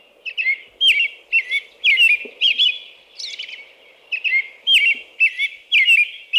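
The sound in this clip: American robin song of repeated short carolled phrases, about two per second, with a brief higher, squeaky phrase in the middle.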